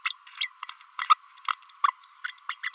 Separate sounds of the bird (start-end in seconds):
0.04-0.13, 0.40-0.47, 1.09-1.14, 1.84-1.92, 2.24-2.31, 2.49-2.55, 2.63-2.71